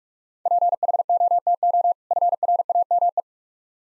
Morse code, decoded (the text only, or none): PHOTO FRAME